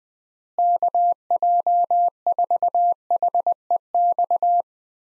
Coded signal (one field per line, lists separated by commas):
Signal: Morse code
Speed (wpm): 20 wpm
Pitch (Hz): 700 Hz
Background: none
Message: KJ4HEX